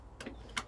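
The metal lap belt tongue of a wheelchair passenger's seat belt is pushed into the seat belt stalk (buckle) fixed in a Renault Master wheelchair accessible van, as part of the wheelchair restraint. A softer tick at 0.2 s is followed by a sharp, bright click at 0.6 s as the tongue seats in the buckle.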